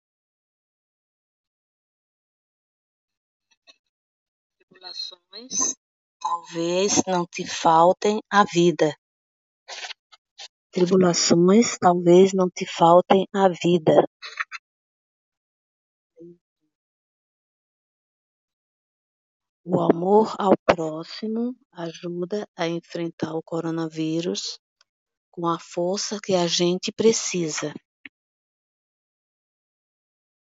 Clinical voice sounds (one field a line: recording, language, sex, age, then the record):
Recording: spoken sentence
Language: Brazilian Portuguese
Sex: female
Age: 60 to 69 years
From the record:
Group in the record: control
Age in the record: 63 years